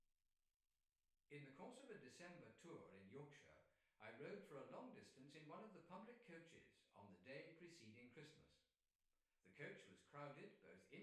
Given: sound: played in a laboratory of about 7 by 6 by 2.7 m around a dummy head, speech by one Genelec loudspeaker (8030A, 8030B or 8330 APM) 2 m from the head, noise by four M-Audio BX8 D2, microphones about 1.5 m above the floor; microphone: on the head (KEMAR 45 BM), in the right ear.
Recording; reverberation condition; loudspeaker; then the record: male speech in English; medium; 90 degrees to the left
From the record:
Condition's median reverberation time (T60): about 510 ms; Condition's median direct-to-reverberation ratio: about -0.5 dB